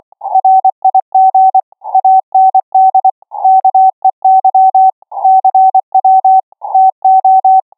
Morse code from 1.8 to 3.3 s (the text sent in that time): AND